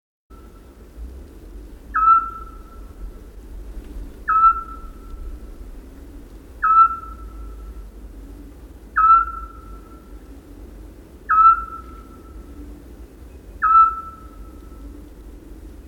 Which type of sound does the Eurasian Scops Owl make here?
call